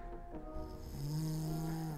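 Low, droning snore with a steady rumbling tone, typical ordinary snoring heard in the background of a room.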